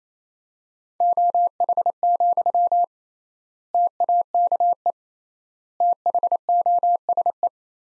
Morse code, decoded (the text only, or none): OH, TAKE THOSE